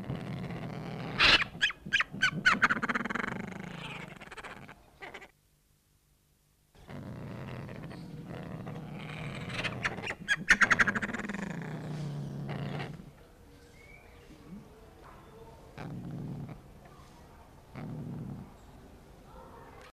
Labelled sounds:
Dark-winged Trumpeter (Psophia viridis) call

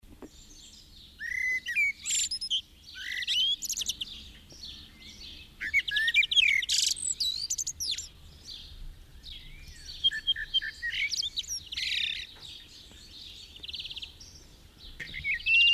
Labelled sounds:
Common Blackbird (Turdus merula) song

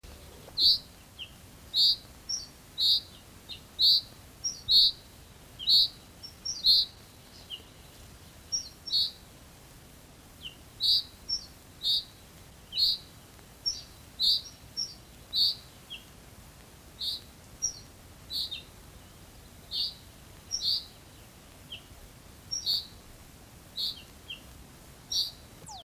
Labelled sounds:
Common Chaffinch (Fringilla coelebs) call

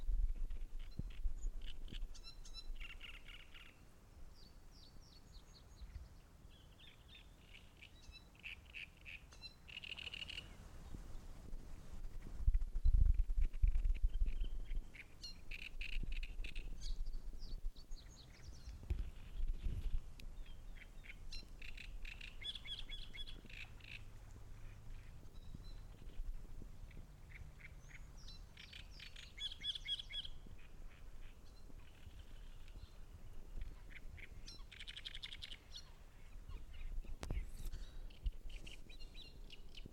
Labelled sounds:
Great Reed Warbler (Acrocephalus arundinaceus)

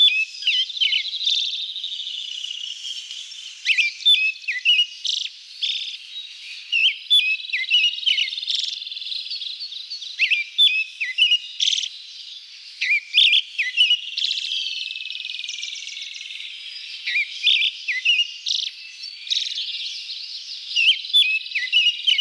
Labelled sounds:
Pale Thrush (Turdus pallidus) song

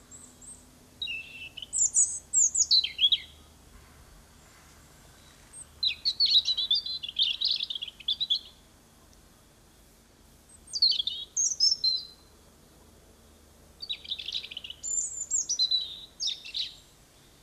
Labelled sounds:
European Robin (Erithacus rubecula) song

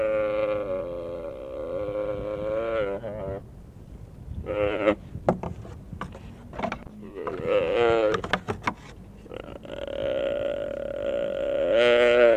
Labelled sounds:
Mule Deer (Odocoileus hemionus) call

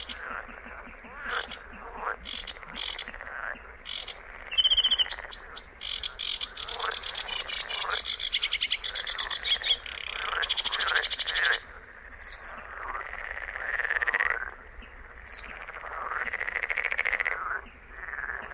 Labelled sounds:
Sedge Warbler (Acrocephalus schoenobaenus) song

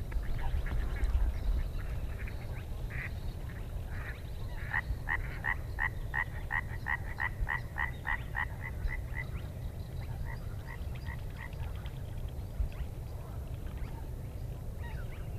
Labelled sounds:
Spotted Crake (Porzana porzana)

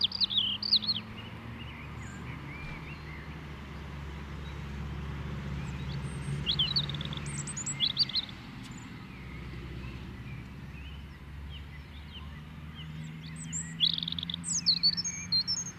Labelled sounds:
European Robin (Erithacus rubecula) song

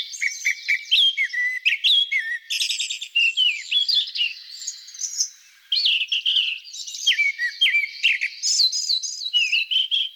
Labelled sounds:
Grey-backed Thrush (Turdus hortulorum) song

